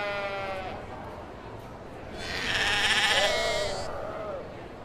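Sheep bleating: a fading bleat at the start, then a loud, high, quavering bleat with a lower bleat overlapping it.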